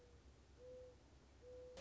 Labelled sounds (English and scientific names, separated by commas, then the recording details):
Mourning Dove (Zenaida macroura)
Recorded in Sonoma County, California